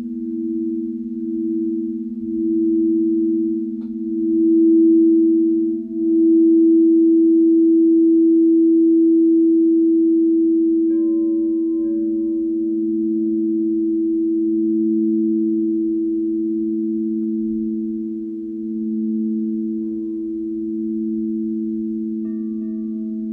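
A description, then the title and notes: A singing bowl hums with steady, sustained low tones that swell and pulse gently throughout, layered with a slight beating. Around eleven seconds, faint higher bell-like tones join the drone, with another soft chime near the end. Gong ,chimes ,crystal bowls healing meditation for times of change.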